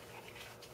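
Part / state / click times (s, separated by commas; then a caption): plastic edge piece into twisty-puzzle assembly / not seated / none. A plastic edge piece, rotated 45 degrees, is being handled and pushed toward a partly built Dino 3x3x3 Cube twisty puzzle. Only a steady, low-level broadband hiss with faint shuffling is heard, with no sharp transients. Nothing has seated or clicked yet.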